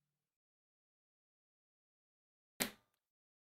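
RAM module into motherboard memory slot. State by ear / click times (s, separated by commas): seated / 2.6 s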